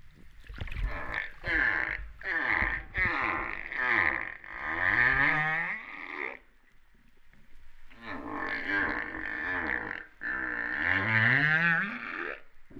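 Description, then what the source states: Humpback whale calls: long, loud, buzzy harmonic moans with low rising sweeps underneath, in two long phrases split by a brief quiet gap. Recorded off Réunion on 13 September 2011 at 08:35:04.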